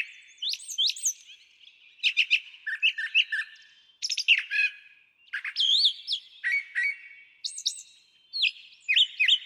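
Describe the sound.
Brown Thrasher pouring out almost continuous song, quickly switching between whistled slurs, rough chattering notes and sweet phrases, often doubling a figure before moving on.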